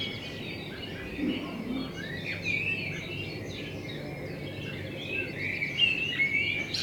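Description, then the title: Common blackbird song, varied warbled phrases with twittering notes, over a steady low hum. Binaural recording made with a homemade dummy head, of a blackbird in front of the recordist's window; intended for headphone listening. "Kunstkopfaufnahme der Amsel vor meinem Fenster"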